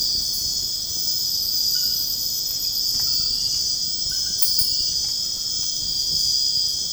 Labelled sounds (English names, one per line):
none